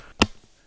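A wireless microphone is reattached to its magnetic connector on a headset. A single sharp, broadband snap at 0.2 s shows it seating back into place. The rest of the clip is quiet.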